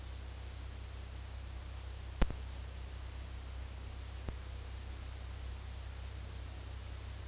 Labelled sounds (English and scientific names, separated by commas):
none